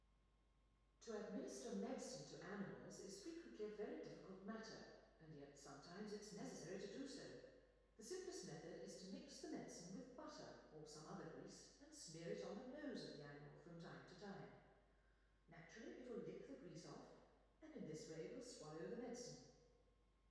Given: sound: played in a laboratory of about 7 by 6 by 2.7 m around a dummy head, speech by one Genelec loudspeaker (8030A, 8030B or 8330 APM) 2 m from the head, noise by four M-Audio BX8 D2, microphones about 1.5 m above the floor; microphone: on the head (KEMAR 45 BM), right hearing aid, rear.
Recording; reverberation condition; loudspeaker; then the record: female speech in English; high; 60 degrees to the left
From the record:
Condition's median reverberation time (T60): about 1300 ms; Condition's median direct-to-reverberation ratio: about -4.0 dB